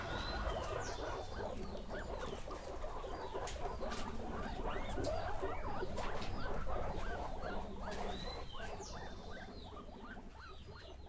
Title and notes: Yanuna_Paisajes. CORRAL_CUY. Sonidos grabados durante la residencia "Yanuna de sonidos, Laboratorio de experimentación y creación sonora alrededor de las cocinas tradicionales de Pujilí. " en Pujilí - Ecuador 2019